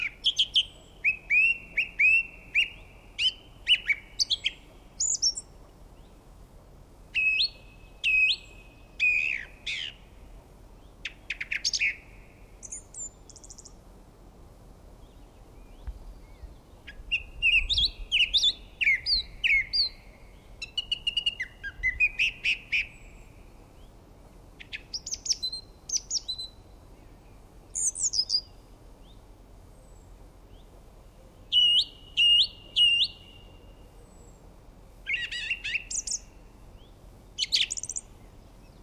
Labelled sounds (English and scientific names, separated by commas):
Song Thrush (Turdus philomelos) song